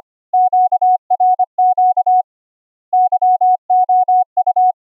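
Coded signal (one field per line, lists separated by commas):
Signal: Morse code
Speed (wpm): 25 wpm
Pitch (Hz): 740 Hz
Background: none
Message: QRQ YOU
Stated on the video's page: CW sidetone from a vintage Heathkit code practice oscillator or 555 timer oscillator, cleaned by a gate and bandpass filter; includes QRQ CW sent over SonoBus.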